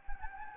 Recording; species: mosquito wingbeat signal from an infrared sensor; Anopheles gambiae